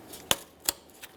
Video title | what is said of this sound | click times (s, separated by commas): How to Replace Radiator 2007-2017 Jeep Wrangler 3.6L V6 | listen for a click from that make sure it's properly secured | 0.3 s